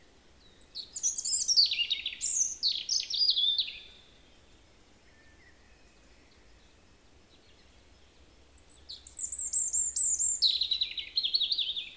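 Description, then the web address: European robin song: two separate phrases of high, thin, rapidly varied twittering notes and trills, separated by a pause of several seconds, with quiet background hiss. "SETE data Erithacus rubecula"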